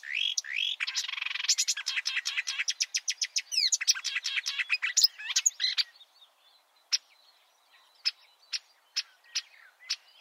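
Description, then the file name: Marsh warbler pouring out a dense, fast run of chattering and buzzy notes, then slowing to a few spaced sharp ticks. "suara-kicauan-burung-marsh-warbler -omkicau"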